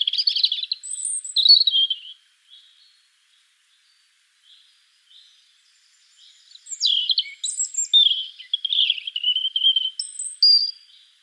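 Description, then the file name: European robin song, sweet trilling and warbling phrases with high thin notes, two bursts separated by a quiet gap. "Erithacus rubecula"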